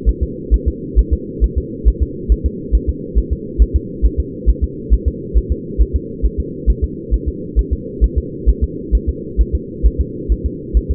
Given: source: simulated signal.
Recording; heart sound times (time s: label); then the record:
fetal heart sounds
0.09 s: S1
0.23 s: S2
0.54 s: S1
0.68 s: S2
0.99 s: S1
1.13 s: S2
1.44 s: S1
1.58 s: S2
1.88 s: S1
2.03 s: S2
2.32 s: S1
2.46 s: S2
2.75 s: S1
2.89 s: S2
3.18 s: S1
3.33 s: S2
3.62 s: S1
3.76 s: S2
4.06 s: S1
4.20 s: S2
4.49 s: S1
4.64 s: S2
4.94 s: S1
5.08 s: S2
5.38 s: S1
5.52 s: S2
5.81 s: S1
5.96 s: S2
6.25 s: S1
6.40 s: S2
6.70 s: S1
6.84 s: S2
7.14 s: S1
7.28 s: S2
7.59 s: S1
7.73 s: S2
8.04 s: S1
8.18 s: S2
8.49 s: S1
8.64 s: S2
8.95 s: S1
9.09 s: S2
9.41 s: S1
9.55 s: S2
9.86 s: S1
10.01 s: S2
10.32 s: S1
10.46 s: S2
10.77 s: S1
10.91 s: S2
From the record:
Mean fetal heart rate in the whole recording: 135 bpm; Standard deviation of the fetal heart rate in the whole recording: 3 bpm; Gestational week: 34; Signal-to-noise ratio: -4.1 dB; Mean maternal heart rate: no maternal heart sound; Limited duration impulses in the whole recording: absent